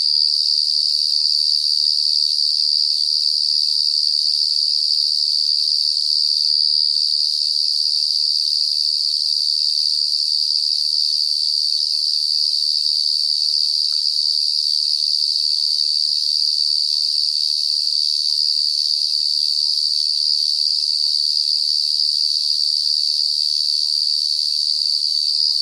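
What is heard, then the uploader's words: A loud cicada call drones steadily and shrilly through the whole clip, with faint regular ticking pulses lower down from about seven seconds on. Loud Cicada At South Luangwa. Recorded with Sony PCM A10 and Lom mikroUsi microphones.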